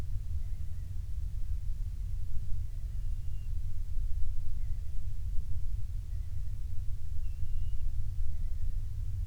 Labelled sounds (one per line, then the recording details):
bird
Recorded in the Prudhoe Bay oil fields, Alaska, on 12 July 2019 at 02:44
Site 16